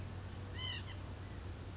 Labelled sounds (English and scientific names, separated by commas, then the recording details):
White-breasted Nuthatch (Sitta carolinensis)
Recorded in Sonoma County, California